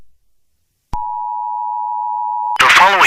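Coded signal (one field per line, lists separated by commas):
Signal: Emergency Alert System (SAME) tones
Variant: 853 and 960 Hz attention tone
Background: speech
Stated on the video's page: Fictional EAS scenario, not a real alert.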